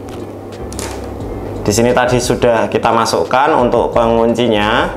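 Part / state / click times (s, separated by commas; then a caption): locking sleeve on a coaxial cable connector / not seated / none. A locking sleeve (ferrule) is fitted over the outer part of a coaxial cable before being pushed up to lock the connector, with faint handling taps near 0.1 s and 0.7–0.8 s. From about 1.7 s someone talks over it. Nothing has seated or clicked yet.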